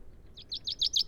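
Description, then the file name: Common chaffinch: a quick run of repeated high, bright chirps growing louder. "Fringilla coelebs"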